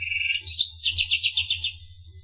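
Finch song: a brief buzzy trill rising in pitch into a rapid series of repeated high chirps, with a faint hum underneath.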